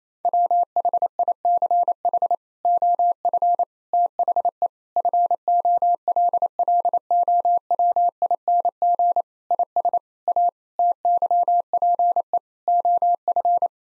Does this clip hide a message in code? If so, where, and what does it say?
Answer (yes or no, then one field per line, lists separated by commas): yes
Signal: Morse code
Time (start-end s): 0.2-13.7 s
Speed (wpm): 28 wpm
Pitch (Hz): 700 Hz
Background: none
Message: WHICH OF THE FOLLOWING IS A TYPE OF